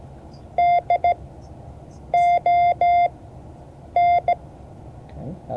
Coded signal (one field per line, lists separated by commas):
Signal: Morse code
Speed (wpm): 15 wpm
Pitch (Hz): 700 Hz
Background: none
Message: DON